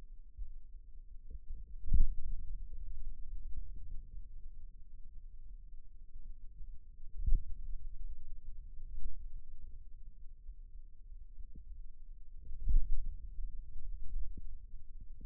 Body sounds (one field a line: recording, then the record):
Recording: forearm muscle sounds (acoustic myography)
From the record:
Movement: finger pinch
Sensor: system 2, bracelet of six BSWA MPA416 microphones around the upper forearm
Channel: 2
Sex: male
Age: 22 years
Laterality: right